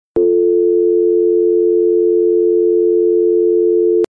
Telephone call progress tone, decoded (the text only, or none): dial tone